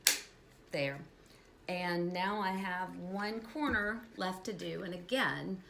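After checking that the tabs line up with the slots, the plastic chassis corner of a Co.Lab robot kit is squeezed hard until its tab pops into the chassis slot with a sharp click at 0.1 s. The tab seats, and then someone talks.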